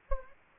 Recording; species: mosquito wingbeat signal from an infrared sensor; Anopheles gambiae